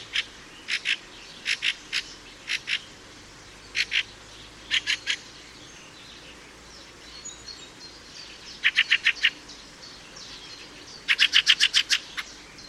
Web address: chant didier collin grive litorne